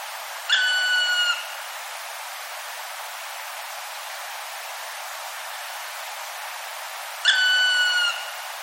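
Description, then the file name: Black Woodpecker call: a sustained, clear, slightly descending note heard twice, roughly seven seconds apart, with constant faint hiss between them. "kumagera"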